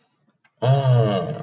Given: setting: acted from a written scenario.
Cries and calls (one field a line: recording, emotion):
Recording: vocal sound without words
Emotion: adoration